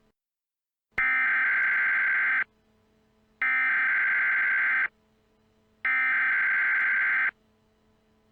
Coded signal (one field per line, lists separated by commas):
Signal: Emergency Alert System (SAME) tones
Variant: header bursts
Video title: EAS- Excessive Heat Warning for Illinois